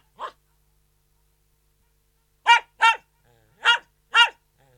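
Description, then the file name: Poodle barking: one short yap, a long silence, then two quick sharp barks followed by two more, each bark clipped and bright. Poodle barking indoors. "Digiffects Sound Effects Library - Poodle Dog Barking Indoors"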